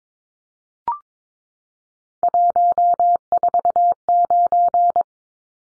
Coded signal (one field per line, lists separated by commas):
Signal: Morse code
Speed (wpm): 22 wpm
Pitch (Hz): 700 Hz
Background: none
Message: 149